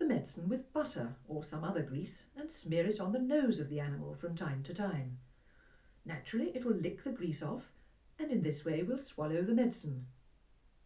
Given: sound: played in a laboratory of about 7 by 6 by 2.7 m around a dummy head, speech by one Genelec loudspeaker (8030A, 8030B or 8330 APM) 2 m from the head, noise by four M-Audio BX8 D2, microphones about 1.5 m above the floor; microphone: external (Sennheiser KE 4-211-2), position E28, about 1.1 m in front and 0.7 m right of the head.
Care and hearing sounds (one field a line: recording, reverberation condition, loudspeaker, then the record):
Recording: female speech in English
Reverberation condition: low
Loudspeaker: 120 degrees to the left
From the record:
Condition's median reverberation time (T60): about 310 ms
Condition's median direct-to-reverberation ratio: about 3.5 dB